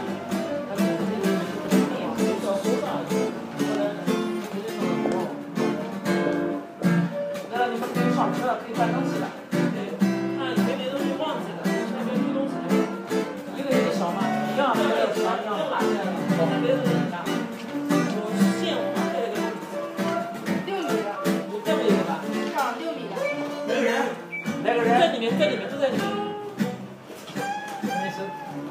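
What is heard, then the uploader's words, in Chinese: Someone plays guitar in a music shop, with plucked notes and strummed chords ringing steady throughout. Voices talk over the playing almost continuously. The level stays busy and even, easing briefly near the end. 这段音频来自学校西北方向的一个乐器店。有人弹吉他。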